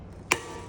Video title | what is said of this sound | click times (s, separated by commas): Din Havefest - Gasvarmere “how to”. | så den lige siger lille klik. | 0.3 s